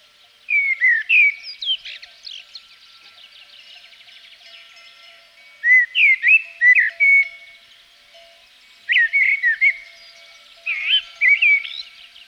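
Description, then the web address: Common blackbird song: four separate phrases of fluting, warbled whistles, each one to one and a half seconds long, divided by pauses of about one to four seconds. From Provence. "A természet hangjai. A provence-i feketerigó"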